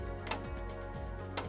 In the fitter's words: it'll give a solid click on every corner.